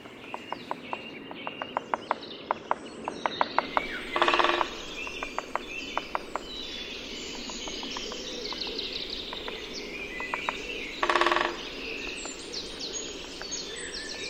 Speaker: So as we play out on these great spotted woodpeckers signaling from tree to tree, take a listen and see if you can notice the difference between them.